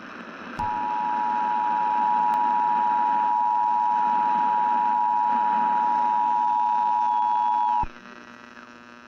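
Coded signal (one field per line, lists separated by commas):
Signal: Emergency Alert System (SAME) tones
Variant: 853 and 960 Hz attention tone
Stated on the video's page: Fictional alien invasion EAS scenario, a simulated broadcast.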